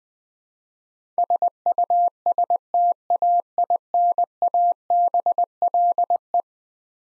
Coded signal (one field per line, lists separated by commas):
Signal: Morse code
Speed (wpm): 20 wpm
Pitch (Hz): 700 Hz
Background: none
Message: SUSTAINABLE